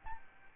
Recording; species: mosquito wingbeat signal from an infrared sensor; Aedes albopictus